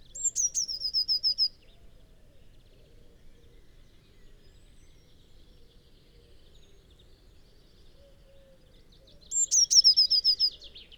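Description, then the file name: Eurasian blue tit song heard at the start and again near the end: a thin high note then a lower tinkling trill, with a quiet gap between phrases. "Cyanistes caeruleus"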